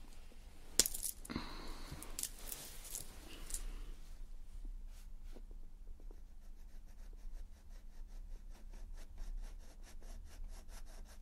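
Coloured pencils scratch and rub across paper, busy and irregular for the first four seconds with a sharp clack near the one-second mark. After that the strokes turn to quick, regular ticking taps over a low steady hum that runs throughout.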